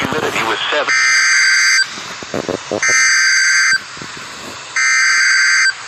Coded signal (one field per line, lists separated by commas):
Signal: Emergency Alert System (SAME) tones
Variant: header bursts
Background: speech